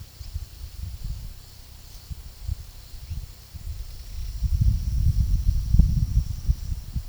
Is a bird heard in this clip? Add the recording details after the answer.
no. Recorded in pastures near Puerto Asís, Putumayo, Colombia, on 19 February 2024 at 11:30. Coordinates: 0.486, -76.323. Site G6462